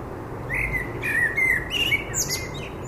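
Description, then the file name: Common blackbird singing a run of rich, flute-like whistles, ending in a thin, scratchy high twitter. "Turdus merula"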